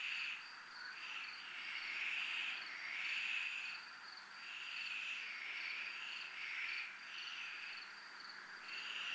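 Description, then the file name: Crickets holding a steady shrill trill, overlaid by repeated louder buzzy swells that come and go. Crickets recorded in a military zone. "zona militar crickets"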